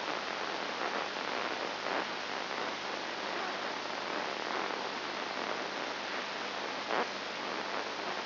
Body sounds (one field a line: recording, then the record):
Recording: brain microelectrode recording played as sound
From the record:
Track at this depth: inside the subthalamic nucleus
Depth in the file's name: 3.901 mm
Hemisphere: left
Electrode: 2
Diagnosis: Parkinson's disease